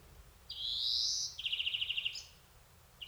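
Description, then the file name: European greenfinch drawing out a long nasal rising wheeze, then a quick pulsing trill of about ten notes, and a brief final note. "Chloris chloris"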